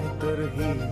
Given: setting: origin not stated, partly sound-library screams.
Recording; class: one-second piece from a danger detection set; normal situation